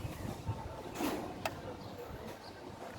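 A seized screw in a motorcycle carburetor and air intake assembly is pressed on and turned slightly in the tightening direction to free it. Against a low, steady background, a single small click is heard at 1.4 seconds as the thread breaks loose. The screw is now free and can be removed.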